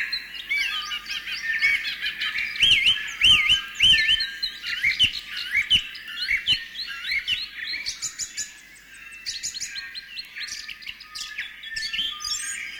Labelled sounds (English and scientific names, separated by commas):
New Zealand Bellbird (Anthornis melanura)